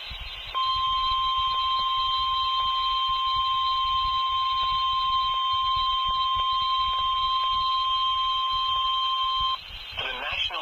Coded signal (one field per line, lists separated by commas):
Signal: Emergency Alert System (SAME) tones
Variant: 1050 Hz attention tone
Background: speech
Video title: EAS Severe Thunderstorm Watch #63 Kansas City, Missouri NOAA Weather Radio (NWS Pleasant hill)